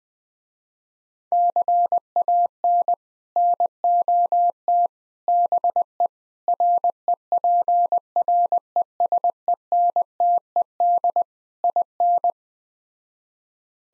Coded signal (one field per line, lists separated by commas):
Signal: Morse code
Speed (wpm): 20 wpm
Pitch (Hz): 700 Hz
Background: none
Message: CAN NOT BE REPRESENTED IN